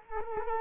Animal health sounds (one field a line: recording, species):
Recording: mosquito wingbeat signal from an infrared sensor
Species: Culex quinquefasciatus